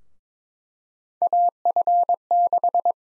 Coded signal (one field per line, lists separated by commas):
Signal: Morse code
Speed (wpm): 22 wpm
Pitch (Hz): 700 Hz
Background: none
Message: AF6